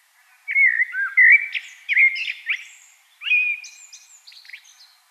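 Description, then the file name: Common blackbird song: two mellow, wavering whistled phrases, each followed by thin, high, scratchy twittering. "Turdus merula"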